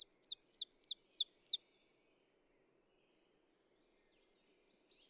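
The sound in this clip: Ovenbird song: a short burst of sharp, high, repeated swooping phrases for about one and a half seconds over a steady low rumbling background hum.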